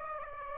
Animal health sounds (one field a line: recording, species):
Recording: mosquito wingbeat signal from an infrared sensor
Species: Aedes aegypti